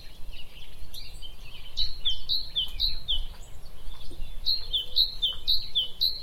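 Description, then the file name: Great tit calling, a bright two-note phrase, high then lower, repeated in quick runs with a short pause midway; faint low rumble beneath. "Parus major"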